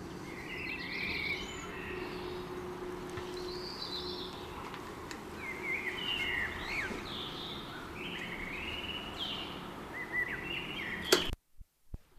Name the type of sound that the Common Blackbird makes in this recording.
song